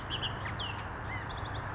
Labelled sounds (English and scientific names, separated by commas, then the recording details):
Bullock's Oriole (Icterus bullockii)
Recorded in Sonoma County, California